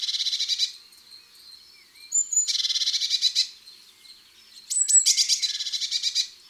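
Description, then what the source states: Eurasian blue tit giving buzzy, churring bursts: three rattling bursts, with a thin high whistled note before the last. Recorded in a garden.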